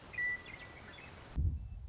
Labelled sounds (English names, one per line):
Western Meadowlark